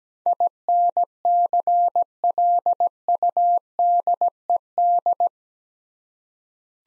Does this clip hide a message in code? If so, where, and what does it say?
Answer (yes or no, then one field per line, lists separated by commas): yes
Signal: Morse code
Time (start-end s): 0.3-5.3 s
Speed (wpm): 17 wpm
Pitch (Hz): 700 Hz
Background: none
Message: INCLUDED